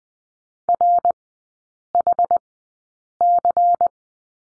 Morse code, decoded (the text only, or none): RHC